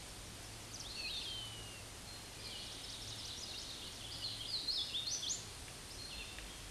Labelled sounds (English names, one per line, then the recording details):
Hooded Warbler song
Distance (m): 25 m
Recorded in a Pennsylvania forest on 18 May 2023 at 12:59
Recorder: AudioMoth, point grid1_12_low
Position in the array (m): 154 m, 130 m